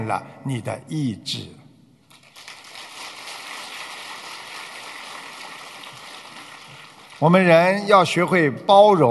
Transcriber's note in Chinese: 掌声